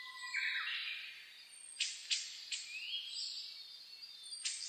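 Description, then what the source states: Birds: a short burst of dawn birdsong: a warbled phrase, then several sharp ticks and a long rising whistle over a hissy background. Dawn chorus (reimei) of birdsong (saezuri), recorded 10 May 2010 at 04:01.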